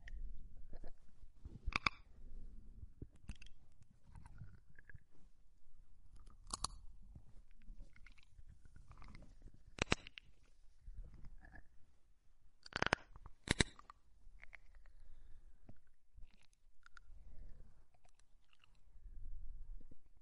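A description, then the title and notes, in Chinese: Mouth sounds: wet chewing and crisp crunchy bites snap out every second or two, with a few loud, bright clicks near 2, 7, 10 and 13 seconds. Soft low rustles and smacks continue between them. 填满脑阔的口腔音。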